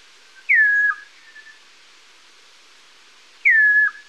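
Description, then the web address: Chestnut-crowned Antpitta whistle, a clear note dropping quickly then held level, given twice about three seconds apart in quiet surroundings. Recorded in Ecuador. "Birds of Ecuador. Chestnut-crowned Antpitta"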